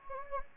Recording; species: mosquito wingbeat signal from an infrared sensor; Anopheles gambiae